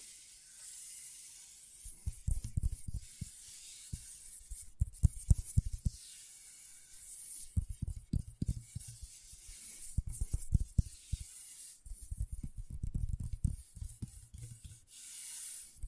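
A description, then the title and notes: Scratchboard being scraped in repeated bursts of gritty strokes with low thumps, pausing briefly every few seconds, over a steady faint hiss. ASMR Brain Tingling Scratchboard (No Talking).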